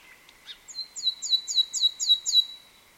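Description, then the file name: Common nightingale song: a phrase of about seven rich, high, downslurred notes repeated in quick, even succession. "Luscinia megarhynchos"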